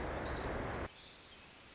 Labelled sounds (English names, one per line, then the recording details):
Pacific Wren
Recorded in Sonoma County, California